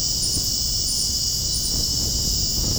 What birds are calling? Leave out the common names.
none